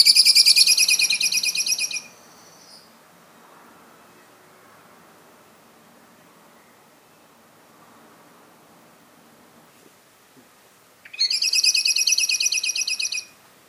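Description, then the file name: Common blackbird giving a fast, harsh chattering call in two bursts of about two seconds each, separated by roughly nine seconds of quiet low background hiss. "Turdus merula"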